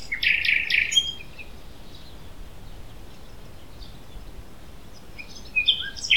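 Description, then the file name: Common Nightingale song: a burst of rapid, harsh rattling notes in the first second, then quiet, ending with a few sharp chirps; faint background hiss. Parc Natural de s'Albufera, Spain, 21 April 2022. "Common Nightingale (Luscinia megarhynchos) - Parc Natural de s'Albufera, Spain 2022-04-21"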